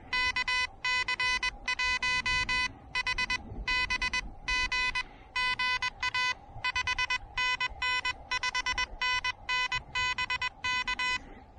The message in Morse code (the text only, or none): KC1HBG GA 5NN 5NN BK